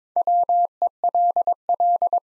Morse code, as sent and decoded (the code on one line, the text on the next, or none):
.-- . .-.. .-..
WELL